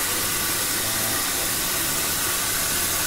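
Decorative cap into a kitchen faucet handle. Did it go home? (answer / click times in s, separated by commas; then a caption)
no / none. A small plastic decorative cap for a Delta pull-down kitchen faucet handle is lined up facing the hot side, since it fits only one way, and positioned before being pushed in. Only a steady hiss-like noise is heard with no sudden sounds, and the cap has not snapped in yet.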